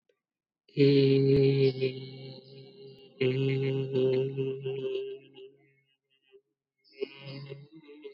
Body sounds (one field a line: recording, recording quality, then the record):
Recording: sustained vowel as in made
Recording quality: excellent, no background noise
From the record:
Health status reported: COVID-19 positive, mild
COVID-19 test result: positive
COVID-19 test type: RT-PCR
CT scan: not taken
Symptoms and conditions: cough, cold, fever, fatigue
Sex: male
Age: 23 years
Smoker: no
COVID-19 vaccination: both doses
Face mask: not worn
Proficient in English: yes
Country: India